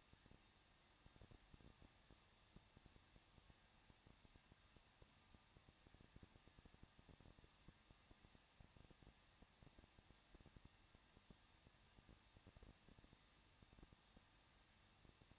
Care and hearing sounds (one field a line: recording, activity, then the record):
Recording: daily activity, microphone in the room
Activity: no activity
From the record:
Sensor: 3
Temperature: 21.2 degrees Celsius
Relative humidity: 36.2%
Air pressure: 1006.6 hPa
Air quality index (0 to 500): 220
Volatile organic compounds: 39 ppm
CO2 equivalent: 3129 ppm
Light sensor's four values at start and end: 2/3/2/2 and 2/3/2/2